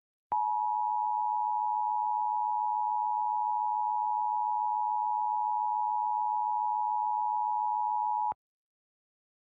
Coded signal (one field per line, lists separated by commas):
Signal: Emergency Alert System (SAME) tones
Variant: 853 and 960 Hz attention tone